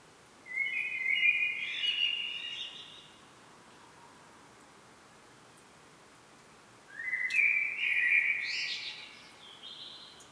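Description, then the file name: Common blackbird song: two melodious flute-like phrases, each finishing with thin higher twitters, with about four seconds of quiet between them. "Turdus merula"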